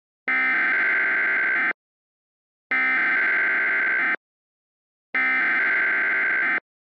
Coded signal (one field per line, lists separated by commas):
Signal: Emergency Alert System (SAME) tones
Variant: header bursts